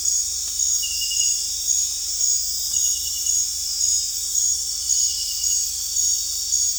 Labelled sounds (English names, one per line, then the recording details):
none
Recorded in dense forest near Puerto Asís, Putumayo, Colombia, on 20 December 2024 at 20:30
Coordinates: 0.467, -76.328
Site GP05